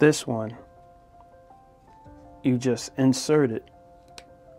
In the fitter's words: then it locks into place.